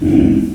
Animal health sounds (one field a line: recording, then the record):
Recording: squeal of a Yucatan mini pig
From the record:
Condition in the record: after surgery on the right vocal fold (resection and tissue-engineered implant)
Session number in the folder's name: 1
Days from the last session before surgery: 13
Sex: female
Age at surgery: 19 weeks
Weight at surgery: 25 kg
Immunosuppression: prednisolone